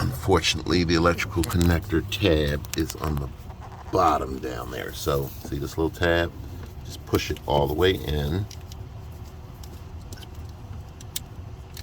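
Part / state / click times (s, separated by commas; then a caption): wiring harness connector lock tab on camshaft position sensor / released / 11.2 s. On a Nissan Murano, the small plastic lock tab on the wiring harness connector of a camshaft position sensor is pushed all the way in to release it. Someone talks for the first part of the clip, then a few small knocks follow during the push, and the lock tab clicks open at 11.2 s.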